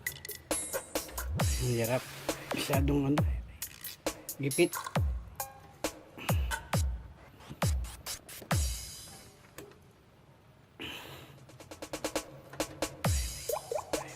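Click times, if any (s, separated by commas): none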